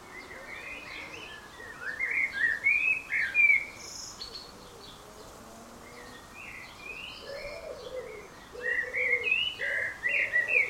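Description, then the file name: Common blackbird singing two flowing warbled phrases with scratchy high ends, while another bird repeats low, soft notes underneath. "Turdus merula"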